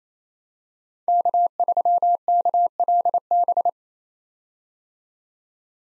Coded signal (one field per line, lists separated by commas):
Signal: Morse code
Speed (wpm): 28 wpm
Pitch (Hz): 700 Hz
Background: none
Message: K3KLB